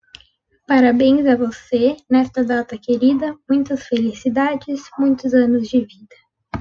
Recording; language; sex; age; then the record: short text; Brazilian Portuguese; female; 18 to 19 years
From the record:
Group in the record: control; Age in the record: 19 years